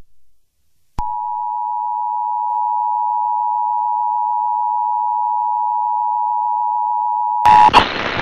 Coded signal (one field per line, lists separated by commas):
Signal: Emergency Alert System (SAME) tones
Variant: 853 and 960 Hz attention tone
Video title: Ohio Required Monthly Test 8/8/18